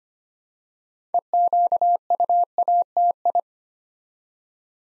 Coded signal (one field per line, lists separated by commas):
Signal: Morse code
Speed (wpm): 25 wpm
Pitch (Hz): 700 Hz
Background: none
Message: EQUATI